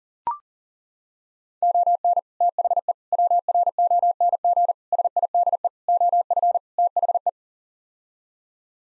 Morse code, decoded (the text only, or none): ON THE WRONG SIDE OF THE